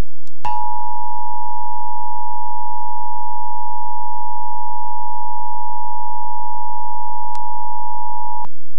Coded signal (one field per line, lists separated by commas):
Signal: Emergency Alert System (SAME) tones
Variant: 853 and 960 Hz attention tone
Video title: Kentucky Statewide EAS Tests (June 13, 2019)